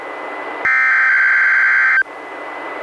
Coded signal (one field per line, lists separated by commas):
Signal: Emergency Alert System (SAME) tones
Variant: header bursts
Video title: EAS #423: NWR Required Weekly Test- Sep. 30, 2020- 11:22AM PDT